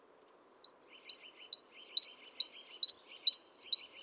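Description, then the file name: Great tit song: a bright two-note phrase, high then slightly lower, repeated about twice a second, with faint dry chattering notes behind it. "Parus major"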